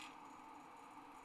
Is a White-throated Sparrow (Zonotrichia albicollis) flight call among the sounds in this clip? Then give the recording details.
no. No flight call is heard. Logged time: 23:40 on 29 November 2014